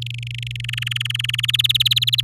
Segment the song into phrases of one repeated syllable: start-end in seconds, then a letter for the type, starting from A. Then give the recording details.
0.01-0.61 A, 0.64-1.41 B, 1.43-2.24 C. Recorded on 11 May 2018 at 06:49. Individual llb16